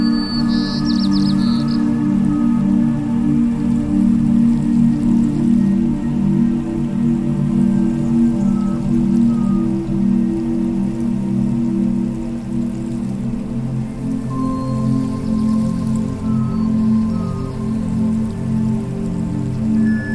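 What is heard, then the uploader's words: Steady layered meditation tones hum together, thickest in a warm low cluster, with fainter sustained pitches stacked above. A soft, rain-like patter runs underneath throughout. Brief high bird-like chirps surface near the start and again around fifteen seconds. 852 Hz + all 9 solfeggio frequencies + Binaural beats.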